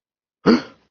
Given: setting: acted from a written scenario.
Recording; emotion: vocal sound without words; negative surprise